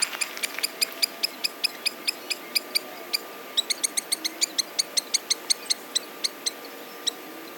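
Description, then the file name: Black-necked stilt yapping in sharp, high notes, at first irregular and overlapping, then settling into a quicker, fairly regular series that slows toward the end. "Himantopus mexicanus - Black-necked Stilt"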